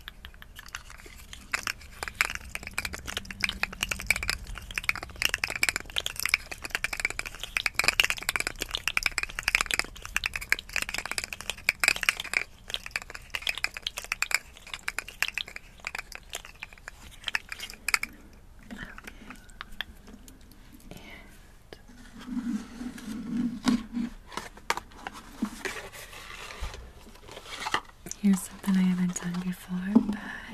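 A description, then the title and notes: Dry tapping and scratching on a bar of soap, with dense clicks and scrapes running unevenly through the first eighteen seconds. After a brief lull, softer rubbing returns, with low hums and muffled thuds near 23 and 29 seconds. Hand Sounds, Tapping, Soap Tapping & Scratching, Fidgets, Stress Balls, Sticker Tapping.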